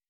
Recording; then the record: hydrophone in a shrimp aquaculture tank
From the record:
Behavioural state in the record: weakened